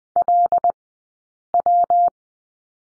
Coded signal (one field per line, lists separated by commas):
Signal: Morse code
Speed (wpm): 20 wpm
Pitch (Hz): 700 Hz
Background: none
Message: LW